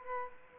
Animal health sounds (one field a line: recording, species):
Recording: mosquito wingbeat signal from an infrared sensor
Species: Culex quinquefasciatus